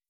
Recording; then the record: hydrophone in a shrimp aquaculture tank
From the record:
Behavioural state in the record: weakened